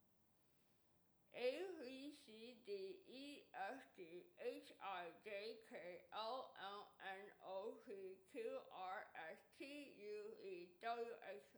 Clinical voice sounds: letters of the alphabet, spoken; constrained by a bite bar between the teeth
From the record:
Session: first day, right after the free take

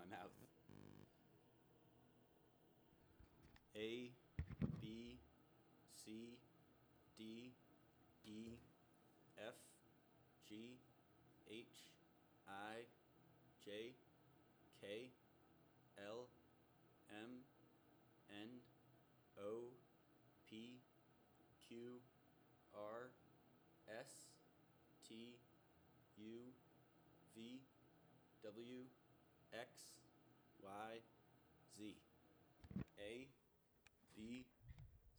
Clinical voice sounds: letters of the alphabet, spoken; free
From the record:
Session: first day, before the bite bar

